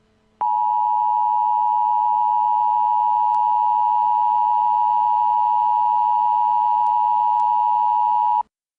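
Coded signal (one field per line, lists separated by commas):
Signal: Emergency Alert System (SAME) tones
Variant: 853 and 960 Hz attention tone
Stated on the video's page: Fictional EAS scenario.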